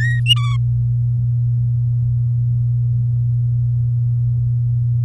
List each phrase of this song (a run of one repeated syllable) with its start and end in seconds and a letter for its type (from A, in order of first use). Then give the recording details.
0.00-0.20 A, 0.26-0.57 B. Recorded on 8 May 2018 at 07:37. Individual llb16